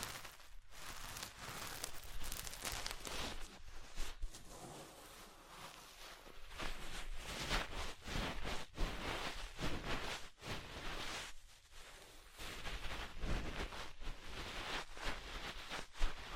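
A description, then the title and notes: Ear cleaning sounds: dense, crackly scratching and rubbing that fills the whole range from low to bright, shifting in intensity every second or so. Brief dropouts to near silence break the texture around 0.5, 4, 10 and 11.5 seconds, with a sharp tap near the end. ASMR Deep Ear Cleaning Session.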